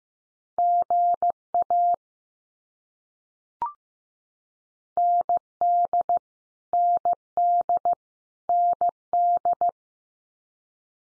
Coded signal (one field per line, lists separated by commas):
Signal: Morse code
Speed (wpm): 15 wpm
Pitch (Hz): 700 Hz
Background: none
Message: GA ND ND ND